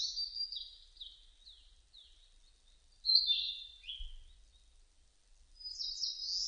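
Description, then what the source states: Narcissus flycatcher song: a series of short, high, slurred whistled notes, some falling, followed by a louder warbled phrase and a rising note near the end. 30 April 2005.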